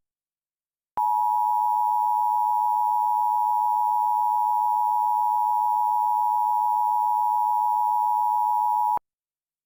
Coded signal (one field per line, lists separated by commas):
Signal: Emergency Alert System (SAME) tones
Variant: 853 and 960 Hz attention tone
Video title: [EAS] An RMT Gone Wrong